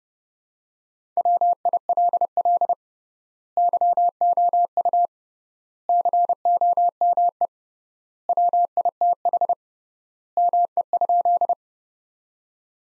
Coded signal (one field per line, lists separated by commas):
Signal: Morse code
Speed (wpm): 30 wpm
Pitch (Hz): 700 Hz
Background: none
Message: WILL YOU COME WITH ME?